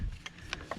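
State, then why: Seated. On a 2005-2012 Nissan Pathfinder 4.0L V6, during a valve cover gasket replacement, the wiring harness connector is pushed onto the rear ignition coil. Short sharp ticks sound at 0.3 s and 0.7 s, with the loudest, crisp click at 0.5 s as the coil connector clicks in and seats.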